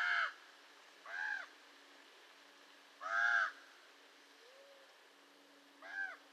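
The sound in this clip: Raven calls: four hoarse caws spread across several seconds, with long quiet gaps and a faint low note between them.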